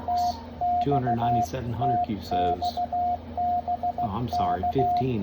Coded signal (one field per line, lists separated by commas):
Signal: Morse code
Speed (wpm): 17 wpm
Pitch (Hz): 700 Hz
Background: speech, radio noise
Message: TX TX BK